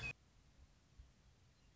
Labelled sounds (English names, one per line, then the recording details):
Western Meadowlark
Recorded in Sonoma County, California